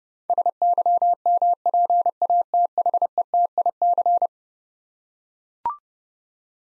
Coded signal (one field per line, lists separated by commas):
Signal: Morse code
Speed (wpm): 30 wpm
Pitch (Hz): 700 Hz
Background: none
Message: SYMPATHETIC